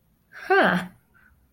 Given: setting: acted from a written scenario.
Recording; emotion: vocal sound without words; pride